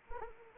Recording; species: mosquito wingbeat signal from an infrared sensor; Anopheles arabiensis